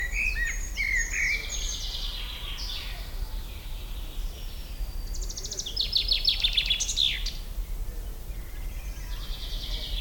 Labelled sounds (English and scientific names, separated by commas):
Eurasian Treecreeper (Certhia familiaris) song